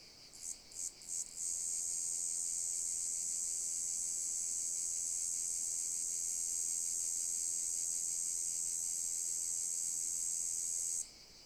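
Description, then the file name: Cicada song: a few brief buzzy stutters, then a continuous, high, hissing buzz held steadily for about nine seconds before stopping. "haematodes"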